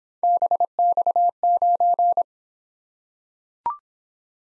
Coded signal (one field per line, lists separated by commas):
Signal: Morse code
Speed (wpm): 25 wpm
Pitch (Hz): 700 Hz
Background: none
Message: BX9